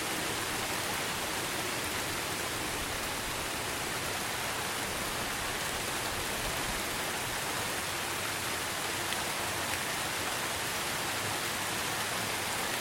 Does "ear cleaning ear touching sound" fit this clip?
no